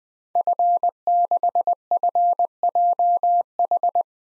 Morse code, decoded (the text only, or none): F6FJH